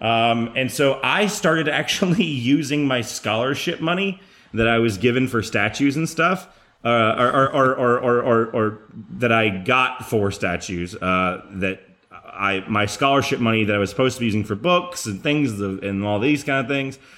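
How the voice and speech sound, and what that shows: Adult male speech with a run of about seven rapid repeated 'or' syllables, prolonged fillers and restarts, typical of stuttering; the man describes having a speech impediment, a stutter, heard every now and then in his speech.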